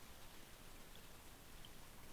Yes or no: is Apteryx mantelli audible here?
no